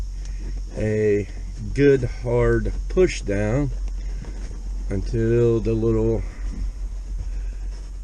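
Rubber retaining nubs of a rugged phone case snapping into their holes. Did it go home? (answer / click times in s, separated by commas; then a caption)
no / none. Someone talks while a rugged Evocel Explorer Series Pro phone case is handled, with the case to be pushed down hard over the phone so its small rubber retaining nubs snap back into their holes. Speech fills the clip over a steady background hum. Nothing has seated or clicked yet; the clip ends before the nubs snap into place.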